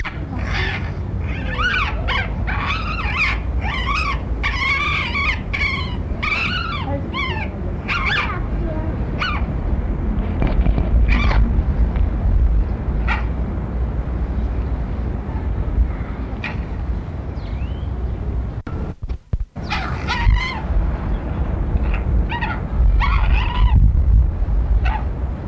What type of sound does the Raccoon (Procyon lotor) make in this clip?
aggressive call